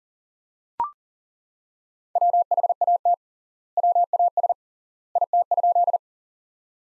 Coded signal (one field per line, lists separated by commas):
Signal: Morse code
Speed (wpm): 40 wpm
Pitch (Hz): 700 Hz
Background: none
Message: WHAT WAS IT?